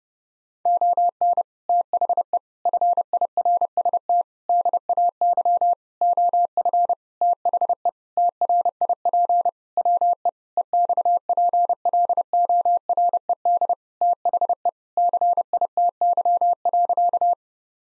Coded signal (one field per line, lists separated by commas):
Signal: Morse code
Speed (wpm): 30 wpm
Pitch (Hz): 700 Hz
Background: none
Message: ON THE FIRST DAY OF THE TRIP WE EXPLORED THE CITY.